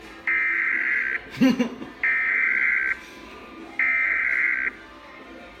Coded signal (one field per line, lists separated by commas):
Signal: Emergency Alert System (SAME) tones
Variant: header bursts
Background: speech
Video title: EAS #171 Illinois Communications Drill